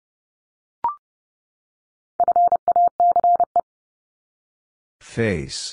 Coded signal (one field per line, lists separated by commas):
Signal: Morse code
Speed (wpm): 30 wpm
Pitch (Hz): 700 Hz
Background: none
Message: FACE